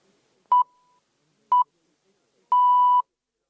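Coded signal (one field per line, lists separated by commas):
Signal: radio time signal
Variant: BBC Greenwich pips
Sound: two short 1 kHz pips one second apart, then a longer half-second pip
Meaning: The start of the final long pip marks the exact start of the hour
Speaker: and here are those Pips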